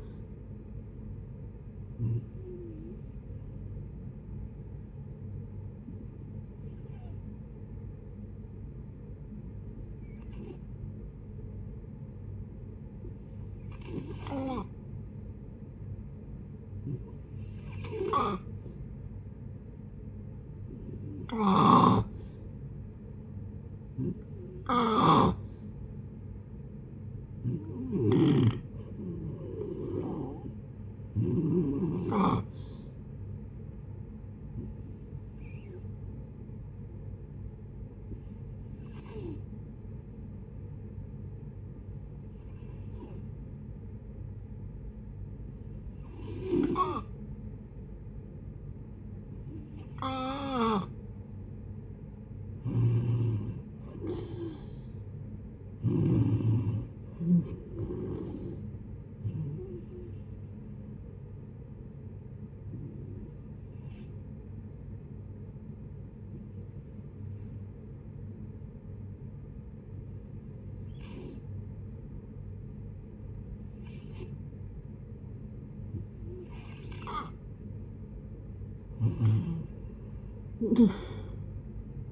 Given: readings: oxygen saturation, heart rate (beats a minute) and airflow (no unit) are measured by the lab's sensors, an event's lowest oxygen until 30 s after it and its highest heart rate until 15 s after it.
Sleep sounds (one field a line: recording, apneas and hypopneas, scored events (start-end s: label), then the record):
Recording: breathing in sleep by a smartphone at the bedside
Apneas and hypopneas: 3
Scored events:
4.00-26.00 s: hypopnea (N2, oxygen 93% highest, then 88% lowest, heart rate 67 at the start, 72 highest)
37.00-54.30 s: hypopnea (N2, oxygen 92% highest, then 87% lowest, heart rate 66 at the start, 74 highest)
41.00-82.12 s: new sleep stage, N1 (lightest sleep)
61.00-77.90 s: hypopnea (N1, oxygen 93% highest, then 87% lowest, heart rate 74 at the start, 77 highest)
From the record:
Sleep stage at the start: N2 (light sleep)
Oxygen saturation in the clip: 87 to 93%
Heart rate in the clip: 56 to 74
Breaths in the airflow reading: 23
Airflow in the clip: -12.9 to 12.1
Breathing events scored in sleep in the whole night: 496 in 5.4 hours asleep